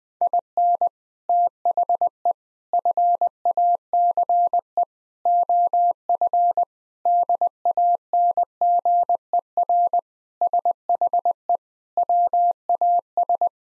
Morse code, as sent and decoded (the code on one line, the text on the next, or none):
.. -. / - .... . / ..-. .- -.-. . / --- ..-. / -.. .- -. --. . .-. / ... .... . / .-- .- ...
IN THE FACE OF DANGER SHE WAS